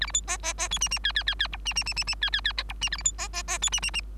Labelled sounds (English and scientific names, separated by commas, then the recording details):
Bengalese Finch (Lonchura striata domestica) song
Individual Bird3